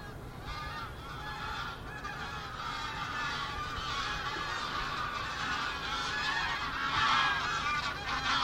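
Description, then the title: Goose: geese calling in a loud, continuous chorus of overlapping honks, with a broad rushing noise beneath. Gaggles of geese in fields by the River Thame, England, UK, on the morning of 23 September 2023, excited by floodwater across the meadows. "Gaggles of geese, River Thame, England, UK on 23rd September 2023 – by Paul Ridout"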